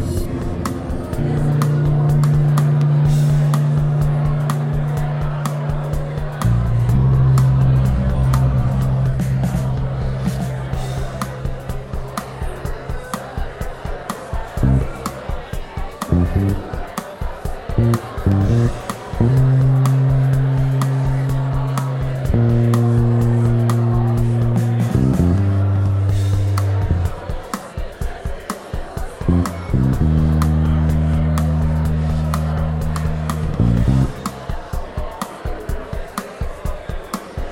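A bass improvises over steady crowd chatter, with an electronic drum beat keeping time throughout. Long, low sustained notes shift pitch every few seconds, broken by quicker plucked runs around 15–18 and 33 seconds. The level stays loud and even.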